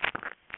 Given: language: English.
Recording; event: throat vibration sensor signal played as sound; swallow